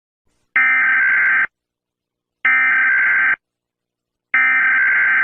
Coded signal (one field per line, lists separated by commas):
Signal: Emergency Alert System (SAME) tones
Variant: header bursts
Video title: EAS Scenario- BALDIS BASICS (Huddle up in a room) ￼